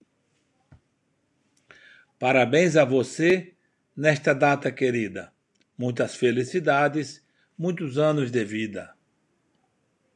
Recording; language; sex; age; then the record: short text; Brazilian Portuguese; male; 60 to 69 years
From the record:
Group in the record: control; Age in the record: 69 years